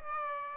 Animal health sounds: mosquito wingbeat signal from an infrared sensor; Aedes aegypti

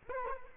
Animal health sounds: mosquito wingbeat signal from an infrared sensor; Culex quinquefasciatus

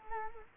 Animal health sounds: mosquito wingbeat signal from an infrared sensor; Culex quinquefasciatus

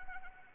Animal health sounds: mosquito wingbeat signal from an infrared sensor; Anopheles arabiensis

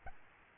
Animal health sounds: mosquito wingbeat signal from an infrared sensor; Aedes albopictus

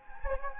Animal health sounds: mosquito wingbeat signal from an infrared sensor; Anopheles gambiae

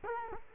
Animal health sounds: mosquito wingbeat signal from an infrared sensor; Culex quinquefasciatus

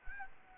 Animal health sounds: mosquito wingbeat signal from an infrared sensor; Anopheles gambiae

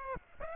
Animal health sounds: mosquito wingbeat signal from an infrared sensor; Aedes aegypti

